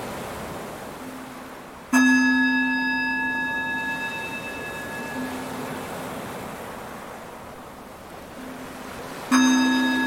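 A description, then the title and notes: A Tibetan singing bowl is struck twice, near 2 seconds and again near 9.3 seconds, each strike opening with a bright metallic ping over a deep, humming tone. The ringing fades slowly between strikes while a soft, hissy background murmur runs throughout. Tibetan Bowl Music.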